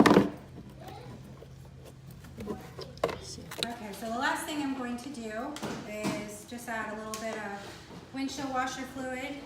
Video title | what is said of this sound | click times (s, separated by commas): How to do an Oil Change (Mama's guide for women) | some little clips up here that it just pops right into. | 0.1 s